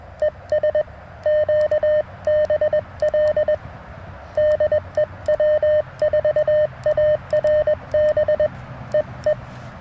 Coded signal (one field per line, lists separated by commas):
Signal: Morse code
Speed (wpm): 21 wpm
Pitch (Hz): 610 Hz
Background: none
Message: ES QBL DE W4ARB EE